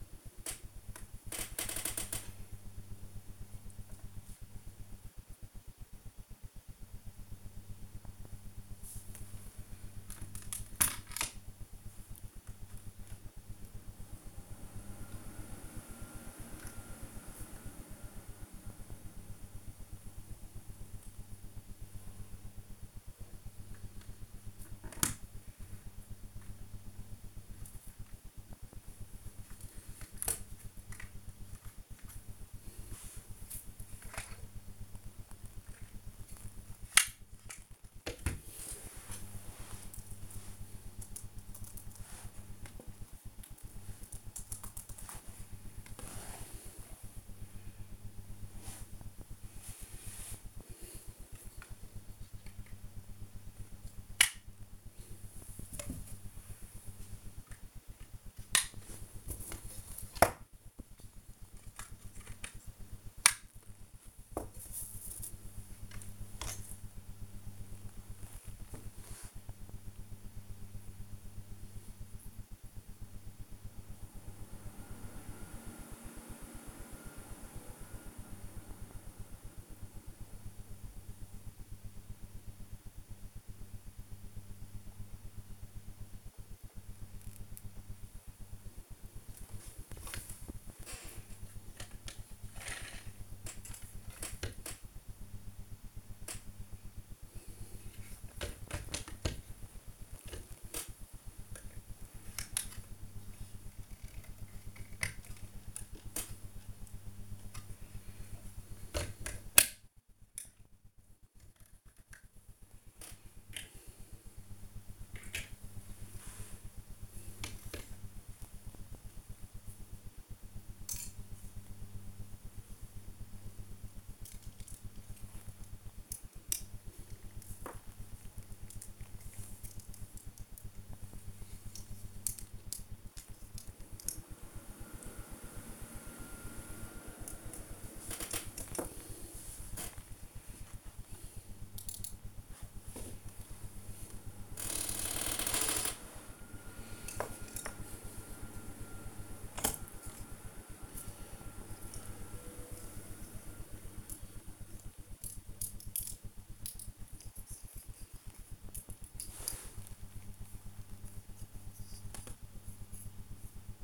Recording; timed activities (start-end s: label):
household activities, microphone on the right wrist
0.00-41.79 s: build with lego
44.81-163.84 s: build with lego